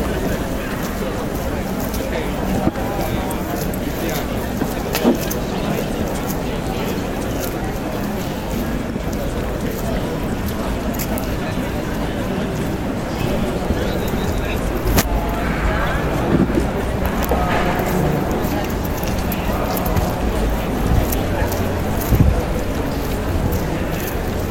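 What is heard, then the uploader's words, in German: Street ambience in the old town of Lübeck: a steady, dense murmur of voices fills the whole clip, with traffic rumbling low underneath. Brief clicks and knocks stand out now and then, notably near 15 and 22 seconds. ASMR in der Altstadt von Lübeck: Ambient 3D-Sound zum Einschlafen. Es ist Abend geworden.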